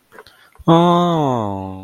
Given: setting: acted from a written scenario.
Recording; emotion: vocal sound without words; adoration